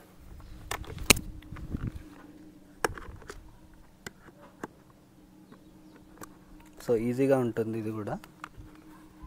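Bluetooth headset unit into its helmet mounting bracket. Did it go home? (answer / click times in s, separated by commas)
no / none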